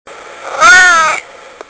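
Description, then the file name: Domestic cat giving a single drawn-out meow, rising then falling over about half a second, with a faint click near the end. "kedimiyav"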